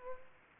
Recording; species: mosquito wingbeat signal from an infrared sensor; Aedes aegypti